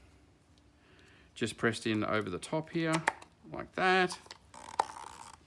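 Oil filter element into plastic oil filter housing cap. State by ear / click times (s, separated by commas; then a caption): seated / 4.8 s. A new paper oil filter element is pressed by hand into the plastic oil filter housing cap of a BMW 20d turbo diesel (X3 F25, N47 engine) while someone talks. A sharp click is heard at 4.8 s as the element seats in the cap.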